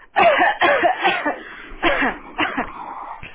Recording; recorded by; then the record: voluntary cough; telephone call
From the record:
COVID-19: negative